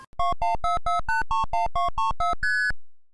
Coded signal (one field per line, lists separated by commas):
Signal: multi-frequency trunk signalling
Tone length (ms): 150 ms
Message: 2144831234ST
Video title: How Telephone Phreaking Worked